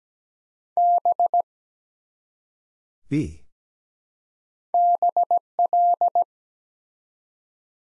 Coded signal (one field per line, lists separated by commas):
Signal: Morse code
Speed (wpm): 17 wpm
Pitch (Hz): 700 Hz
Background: none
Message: B BL